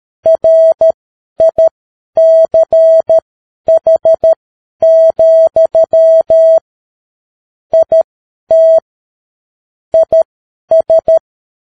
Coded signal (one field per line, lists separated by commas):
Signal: Morse code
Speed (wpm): 13 wpm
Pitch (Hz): 650 Hz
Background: none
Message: RICH, IT IS